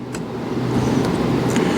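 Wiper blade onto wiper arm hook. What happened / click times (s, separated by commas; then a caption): The wiper blade was hooked onto the arm without clipping in / none. A new wiper blade is hooked onto the wiper arm hook of a Tesla Model X, with the hook lined up and set into the slot on the blade before the blade is pushed up to clip in. A soft tap is heard at 0.1 s over steady low vehicle and road noise. Nothing has clipped into place yet.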